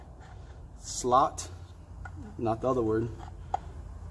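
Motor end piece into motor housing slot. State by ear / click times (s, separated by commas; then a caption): seated / 3.5 s. While a motor is being reassembled, an end piece is lined up by its male and female slot and dropped back into the motor housing slot as someone talks. A short, sharp tick sounds at 3.5 s as the part seats and locks in place.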